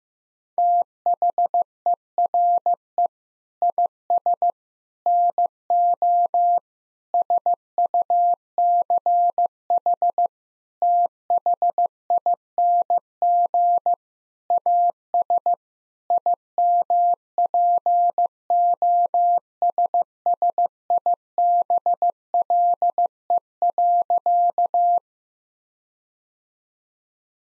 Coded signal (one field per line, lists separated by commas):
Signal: Morse code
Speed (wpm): 15 wpm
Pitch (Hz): 700 Hz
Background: none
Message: THERE IS NO SUCH THING AS IMPOSSIBLE.